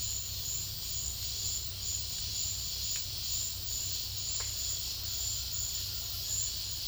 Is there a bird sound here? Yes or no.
no